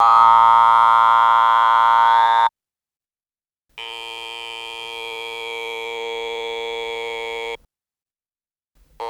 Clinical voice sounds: speech with an electrolarynx; modified device, with random pitch perturbation and pitch set by sex and age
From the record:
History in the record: total laryngectomy

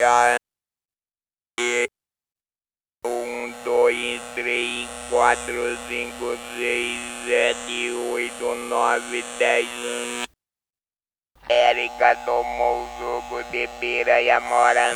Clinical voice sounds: speech with an electrolarynx; conventional device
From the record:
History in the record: total laryngectomy

